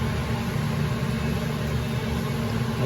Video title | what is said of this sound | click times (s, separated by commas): 2004 Mercedes-Benz E500 Air Strut Replacement | slid out there but okay no click but it's | none